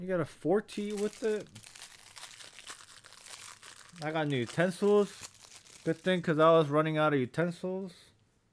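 A plastic folding spork from a cup ramen utensil pack is handled while someone talks, with crinkling packaging and a few faint taps around 2.2, 2.6 and 3.1 seconds. The spork head has not yet snapped into its open position on the handle; nothing has seated or clicked yet.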